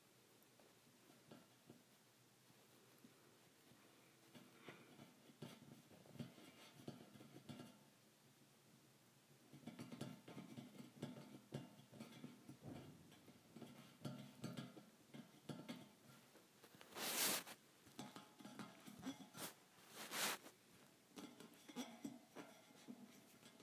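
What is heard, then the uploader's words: Thin metal bars are tapped in irregular bursts of light clinks and rattles, with a softer stretch near the start and busier activity after about ten seconds. Two sharp, bright metallic strikes stand out around seventeen and twenty seconds. ASMR Tapping Thin Metal Bars.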